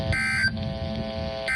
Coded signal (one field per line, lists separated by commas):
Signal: Emergency Alert System (SAME) tones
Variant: end-of-message bursts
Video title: EAS #348 (Severe Thunderstorm Watch)